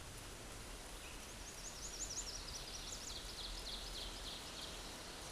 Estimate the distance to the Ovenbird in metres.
about 70 m